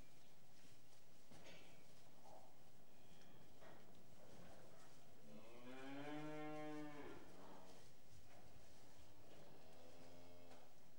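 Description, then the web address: Cattle lowing: one loud, drawn-out moo in the middle, with a softer low call near the end. Restless cattle in a shed. "BBC Sound Effects Library BBC Animals and Birds Cattle Restless In Shed"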